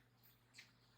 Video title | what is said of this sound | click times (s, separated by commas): Custom 2016 Indian Scout Headlight (Cinnamon Sunset Episode 04) | you push it till it clicks, and it holds your screw on. | 0.6 s